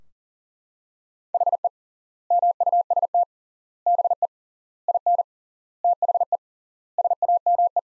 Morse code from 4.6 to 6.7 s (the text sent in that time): IN THE